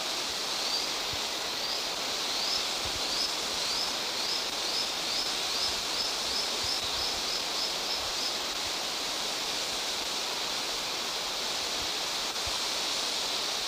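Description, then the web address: Lanceolated monklet song: a long series of thin high whistles, half-buried under a loud, steady hiss. Two birds singing; eastern lowlands of South America. "Natures Songs S America Eastern Lowlands - Micromonacha lanceolata, songs 2 birds"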